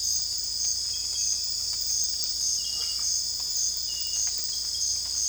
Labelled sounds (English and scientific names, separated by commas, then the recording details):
none
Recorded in dense forest near Puerto Asís, Putumayo, Colombia, on 26 December 2024 at 04:00
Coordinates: 0.485, -76.318
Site GP03